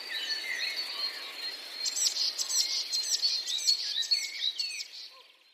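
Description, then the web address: Eurasian blue tit giving a high, thin lead-in, then a brisk run of repeated trilled notes that fades at the end. "wroblowe teka spiew. wroblowe teka modraszkoteka"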